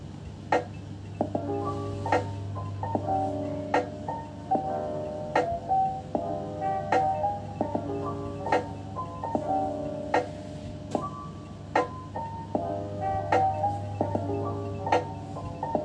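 Background music runs throughout: a light, plucked melody of short bright notes arriving at a steady pace, roughly two per second, with small chords layered in. Beneath it sits a constant low hum that never changes across the sixteen seconds.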